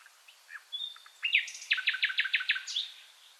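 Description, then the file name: Common nightingale song, opening with soft scattered notes and a thin whistle, then a fast series of loud, sharp repeated notes ending in a slurred flourish. "Luscinia megarhynchos"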